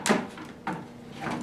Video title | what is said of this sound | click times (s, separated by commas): Splicing in Clearfield's Clearview Blue Cassettes | everything should click right into place | 0.1 s, 0.7 s